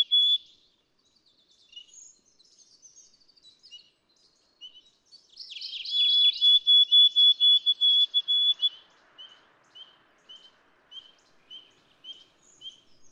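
White-throated sparrow: a buzzy run of falling notes leading into a high, clear whistle held on one pitch and broken into fast pulses, then a string of soft high chips.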